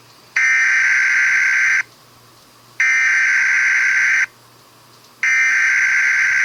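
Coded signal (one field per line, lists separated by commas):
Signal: Emergency Alert System (SAME) tones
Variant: header bursts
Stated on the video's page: Fictional mock alert, not a real broadcast.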